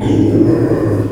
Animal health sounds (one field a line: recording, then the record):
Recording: squeal of a Yucatan mini pig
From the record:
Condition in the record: before surgery on the right vocal fold (resection and tissue-engineered implant)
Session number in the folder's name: 1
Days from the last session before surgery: -3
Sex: male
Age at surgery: 12 weeks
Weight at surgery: 13 kg